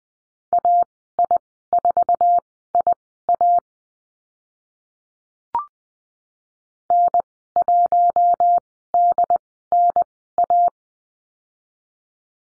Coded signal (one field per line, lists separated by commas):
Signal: Morse code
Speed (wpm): 20 wpm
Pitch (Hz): 700 Hz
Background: none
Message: AI4IA N1DNA